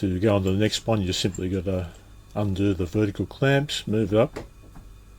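Someone talks while working on a fret-slotting template for an acoustic guitar fretboard: the vertical clamps are undone so the template can be moved along to the next slot, where its indexing pin will click into place on the miter box pin. The clip ends before that happens, so nothing has seated or clicked yet.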